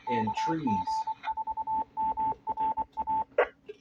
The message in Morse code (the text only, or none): KG4MRA